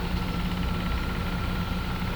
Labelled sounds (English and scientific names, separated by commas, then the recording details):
none
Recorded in pastures near Puerto Asís, Putumayo, Colombia, on 21 December 2024 at 13:30
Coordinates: 0.505, -76.324
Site G063